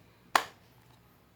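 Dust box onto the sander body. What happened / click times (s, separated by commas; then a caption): The plastic housing snapped into place / 0.4 s. A plastic dust box is pushed back onto the body of a Bosch random orbit sander. A single sharp snap at 0.4 s, with a short decaying tail, confirms it has seated in place.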